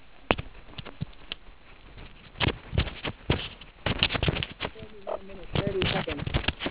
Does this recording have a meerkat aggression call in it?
no